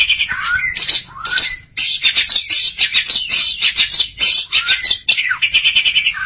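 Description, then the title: Oriental magpie-robin song: a dense, rapid stream of harsh, scratchy notes with a few clear whistled slurs at the start and near the end. Long-duration recording. "Kacer Durasi Panjang"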